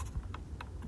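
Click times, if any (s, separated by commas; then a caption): none. A wiring harness connector is handled as it is pushed back onto the new climate control mode switch behind the dash bezel of a 2005 Ford Focus ZX4. Light ticking and tapping is heard over a low rumble. Nothing has seated or clicked yet.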